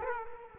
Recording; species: mosquito wingbeat signal from an infrared sensor; Culex quinquefasciatus